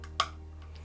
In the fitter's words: do a little pressure and we will hear a click